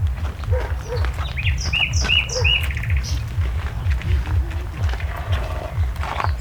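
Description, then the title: Common nightingale song with a short run of arched whistled notes repeated in quick succession, then quieter scattered notes, against continuous low-pitched background noise. At a farmstead in Arluno, Milan, Italy. "via San Carlo, Poglianasca Arluno (Milan), usignolo, cascina Poglianasca"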